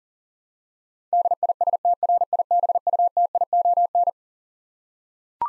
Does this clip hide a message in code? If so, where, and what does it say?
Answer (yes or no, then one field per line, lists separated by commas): yes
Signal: Morse code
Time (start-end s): 1.1-4.1 s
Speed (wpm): 40 wpm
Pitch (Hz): 700 Hz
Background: none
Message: DISTRIBUTION